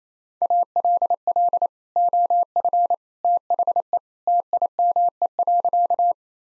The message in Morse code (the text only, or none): ALL OF THE TIME.